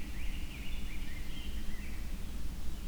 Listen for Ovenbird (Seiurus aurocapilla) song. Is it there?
no